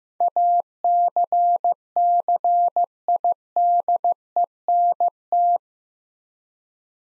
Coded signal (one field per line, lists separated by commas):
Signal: Morse code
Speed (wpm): 15 wpm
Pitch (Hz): 700 Hz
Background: none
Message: ACCIDENT